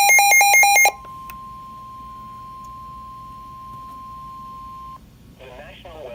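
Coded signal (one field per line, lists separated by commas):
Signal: Emergency Alert System (SAME) tones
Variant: 1050 Hz attention tone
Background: speech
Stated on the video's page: EAS alert tones recorded off a weather radio station.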